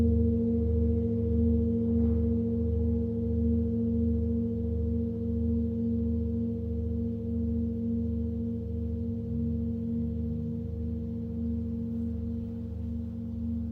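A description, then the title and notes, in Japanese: A Tibetan singing bowl rings on in a long, steady low hum with a few clear overtones held above it. The tone pulses gently in a slow, regular wobble and fades only slightly over the fourteen seconds. A faint tap sounds near the two-second mark. チベタンシンギングボウルサウンドヒーリング。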